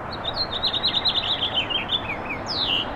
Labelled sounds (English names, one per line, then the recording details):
House Finch song
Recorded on Long Island, New York, on 15 April 2011
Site HE
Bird A